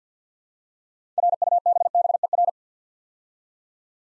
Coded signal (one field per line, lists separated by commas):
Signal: Morse code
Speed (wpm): 50 wpm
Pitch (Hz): 700 Hz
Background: none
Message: RUBBER